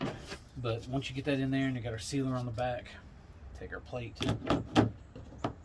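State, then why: Seated. A screw-out deck plate cover is pressed onto a plastic hatch ring just installed in the inner wall of a Big Fish 108 kayak hull, with sealer on the back, while someone talks. It snaps into the ring with a sharp click at 5.4 s and sits right in its spot.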